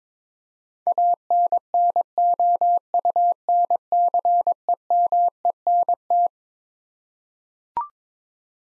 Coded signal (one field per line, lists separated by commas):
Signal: Morse code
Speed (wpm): 22 wpm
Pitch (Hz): 700 Hz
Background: none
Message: ANNOUNCEMENT